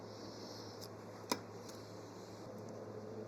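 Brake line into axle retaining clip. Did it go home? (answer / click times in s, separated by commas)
yes / 1.3 s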